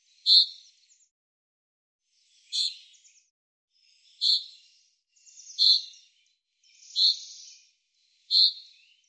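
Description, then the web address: Common chaffinch calls: short, sharp, high notes repeated six times at irregular intervals of about one to two and a half seconds, over an otherwise silent background. "Deverinetal 2025 File cleaned normalized Bird Fr Co"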